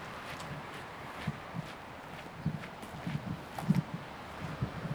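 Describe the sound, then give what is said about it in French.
Ambience on the coastal path of Villers-Martin: a steady windy hiss fills the background while soft, irregular low thumps, like footsteps, come and go. No voices and no clear bird calls. “Un petit enregistrement des bruits du chemin côtier de Villers-Martin.”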